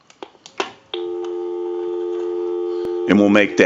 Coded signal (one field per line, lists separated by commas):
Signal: telephone call progress tone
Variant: North America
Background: speech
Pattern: dial tone